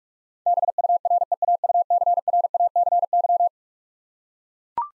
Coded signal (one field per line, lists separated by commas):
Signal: Morse code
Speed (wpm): 42 wpm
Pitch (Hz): 700 Hz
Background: none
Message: BUREAUCRACY